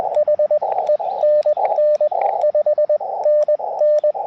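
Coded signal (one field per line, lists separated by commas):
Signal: Morse code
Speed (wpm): 20 wpm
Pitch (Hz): 590 Hz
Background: radio noise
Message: H ENN 5NN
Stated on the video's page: QRP CW Parks on the Air activation on 30 meters with an Elecraft KX2, paddle key and end-fed half-wave antenna.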